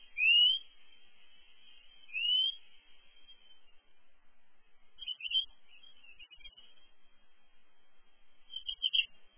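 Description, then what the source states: European robin giving thin, rising whistled notes, two clear upsweeps early, then softer scattered high notes. Songs and calls.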